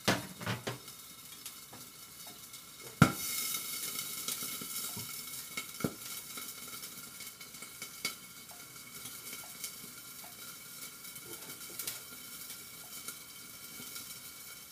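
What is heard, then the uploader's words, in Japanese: Someone is making something in a kitchen, with a steady low hiss like food sizzling running throughout. Sharp clinks and knocks of utensils against pots or dishes come every second or two, with the loudest clatter just after three seconds and a few bumps near the start. 環境音 朝、何作ったか忘れた。キッチンで何かを作っていた。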